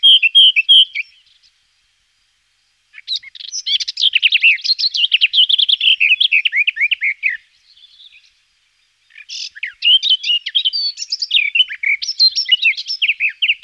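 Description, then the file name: Garden warbler song, a short opening phrase, then long rapid warbling phrases of mellow chirps and twittering notes in two extended bursts separated by a short pause. "roche 2004 gartengrasmuecke"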